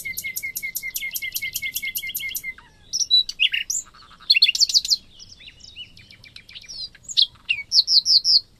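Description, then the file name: Common nightingale song: a rapid rattling series of repeated clicks, followed by varied whistled and buzzy notes and quick trills. "Luscinia megarhynchos"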